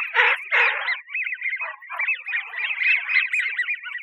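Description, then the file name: American wigeon calls: wheezy, warbling whistles overlapping in a busy stream, opening with two louder breathy notes. Arizona, February 12, 2006. "AMWI 3 deviche"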